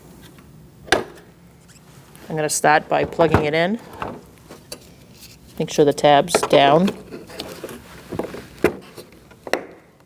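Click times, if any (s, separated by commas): 9.5 s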